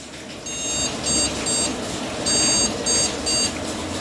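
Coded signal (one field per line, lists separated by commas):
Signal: beep code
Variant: PC BIOS POST beeps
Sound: buzzy electronic beeps: a longer beep followed by three short ones, repeating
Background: room noise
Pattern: 1 long, 3 short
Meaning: One long and three short beeps indicate a memory (RAM) problem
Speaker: você vai deparar com esses bifes e presta atenção tô vendo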